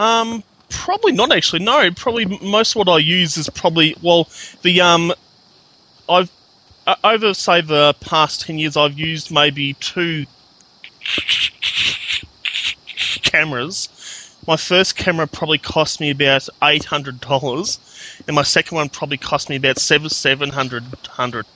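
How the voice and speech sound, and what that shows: An adult man who stutters speaks conversationally, with blocks mid-phrase, including a long silent block before a word, a stretched sound, and repetitions of words and phrases.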